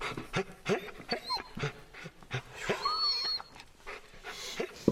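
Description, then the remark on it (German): A dog named Wolfi pants rapidly in quick, breathy bursts, with a few thin whimpers and high squeaky whines mixed in, steady and fairly loud throughout. “Du machst den Hund ja noch völlig verrückt.”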